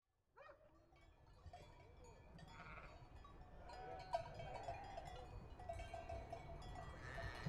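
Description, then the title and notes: Sheep bleating from a flock, several wavering calls overlapping over a steady low rumble. Large flock, lambs included, prepared for transhumance from Valle di Scalve to the Mantua plain and loaded onto trucks; Vilminore, 5 September 2009. "Transumanza a Vilminore. Transumanza, Vilminore 5 settembre 2009 Un grosso gregge viene preparato per essere trasferito dalla Valle di Scalve alla pianura Mantovana"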